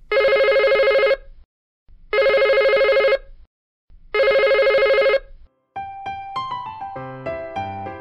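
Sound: telephone ringing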